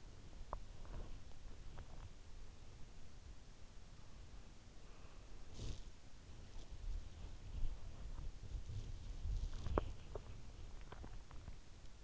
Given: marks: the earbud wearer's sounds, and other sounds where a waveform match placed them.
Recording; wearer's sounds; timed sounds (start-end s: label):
sounds in sleep by an in-ear microphone; body movement
0.00-12.04 s: body movement